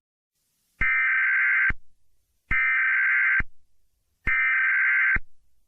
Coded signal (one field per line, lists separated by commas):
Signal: Emergency Alert System (SAME) tones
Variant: header bursts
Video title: EAS Scenario/Mock #10 - Demon’s Fury